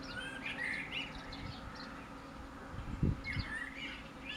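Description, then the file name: Common blackbird singing mellow warbled phrases followed by high twitters, with a few dull knocks. "Turdus merula"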